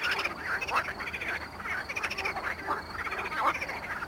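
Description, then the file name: Marsh frog croaking, repeated rattling croaks over a continuous background chorus of frogs. Recorded at Mali lag, Botevgrad, Bulgaria. "Pelophylax ridibundus at Mali lag, Botevgrad, Bulgaria"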